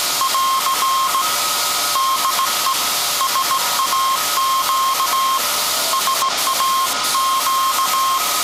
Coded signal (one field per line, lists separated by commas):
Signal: Morse code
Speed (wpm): 18 wpm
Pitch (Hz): 1070 Hz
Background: none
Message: <AR> DE SAQ SAQ